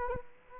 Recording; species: mosquito wingbeat signal from an infrared sensor; Aedes aegypti